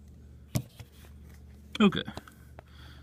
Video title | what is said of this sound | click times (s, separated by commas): 2003 Chevy Silverado 1500 5.3L V8 Oil Pressure Sending Unit Repair | now it's all the way in. Snapped in. I just had to use my other hand. | 0.6 s